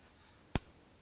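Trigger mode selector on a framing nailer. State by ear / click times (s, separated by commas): seated / 0.6 s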